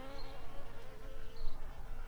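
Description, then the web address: Shrill carder bee buzzing in a steady, continuous low hum that swells and fades slightly over two seconds. Worker bees. "Sylvarum workers"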